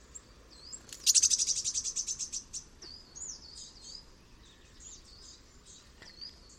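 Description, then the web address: Eurasian blue tit churring: one loud buzzy rattle of rapid pulses, then scattered thin high notes, over a steady hiss of background noise. "cianscape. Deverinetal"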